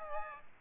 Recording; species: mosquito wingbeat signal from an infrared sensor; Aedes aegypti